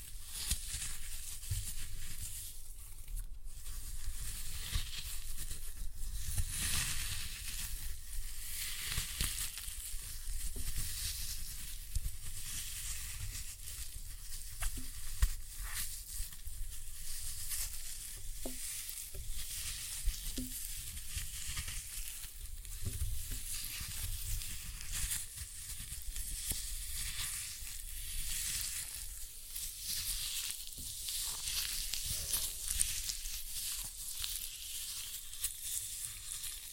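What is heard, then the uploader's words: Floral foam is crushed in a dense, continuous crackle and fizz, steady for the whole stretch with a bright, sizzling hiss on top. Short low thumps and crunches break through every few seconds, with a few sharper snaps around the middle. Floral Foam Glitter Bomb Crushing.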